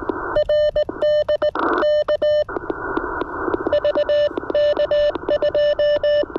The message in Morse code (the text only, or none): RD K VK2